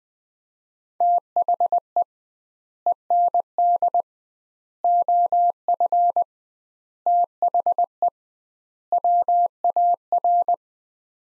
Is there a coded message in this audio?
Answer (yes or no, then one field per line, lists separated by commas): yes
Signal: Morse code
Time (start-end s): 1.0-10.5 s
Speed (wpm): 20 wpm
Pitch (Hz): 700 Hz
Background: none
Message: THE END OF THE WAR